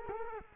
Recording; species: mosquito wingbeat signal from an infrared sensor; Culex quinquefasciatus